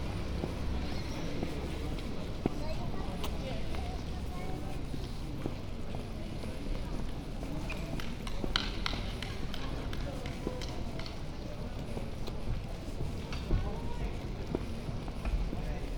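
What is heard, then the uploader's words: Walking along Mansfield Road, Holywell Street and Broad Street, with a steady low rumble of traffic underneath a continuous murmur of voices. Brief sharp clicks and knocks, like footsteps or tapping, pop up every second or two, with a louder knock near the middle. Walking down Mansfield Road, Holywell Street, and Broad Street. From Queen Elizabeth House to Cornmarket Street, on the left-hand side.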